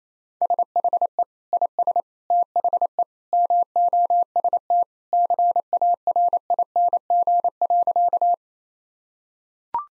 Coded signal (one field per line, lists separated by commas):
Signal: Morse code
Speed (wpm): 28 wpm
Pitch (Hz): 700 Hz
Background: none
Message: SHE IS THE MOST CARING.